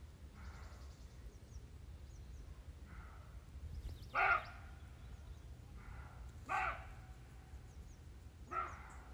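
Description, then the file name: Roe deer uttering three loud, rough barks roughly two seconds apart, fainter echo-like barks before and between them, over a low rumble. "cabirols"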